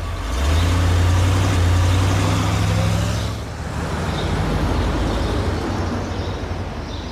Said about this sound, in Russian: Сергей садится в машину и уезжает. Мимо следователя и Анны.